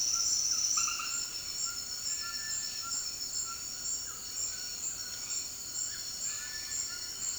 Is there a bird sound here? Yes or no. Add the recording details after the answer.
yes. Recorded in secondary vegetation near Puerto Asís, Putumayo, Colombia, on 19 February 2024 at 18:00. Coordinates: 0.472, -76.331. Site G6371